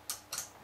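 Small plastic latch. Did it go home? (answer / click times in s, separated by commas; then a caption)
yes / 0.1 s. A plastic missile is pushed back into the spring-loaded brick shooter of a LEGO Star Wars MTT set 75058 until it latches, giving a sharp click at 0.1 s and a second, longer click at 0.3 s. The missile is seated and ready to fire.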